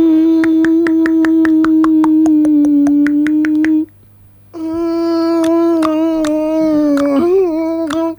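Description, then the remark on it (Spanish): A person makes a steady nasal hum held on one pitch while sharp tongue clicks against the palate, like a trotting horse, pop in a quick regular rhythm over it; after a short pause the hum and clicks resume. “Entonces, hacemos un sonido nasal, lo continuamos y sin soltarlo, hacemos el chasquido de caballo.”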